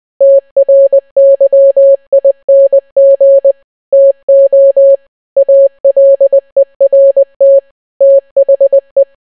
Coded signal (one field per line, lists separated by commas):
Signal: Morse code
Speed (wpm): 20 wpm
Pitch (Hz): 550 Hz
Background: none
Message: TRYING TO ALERT THE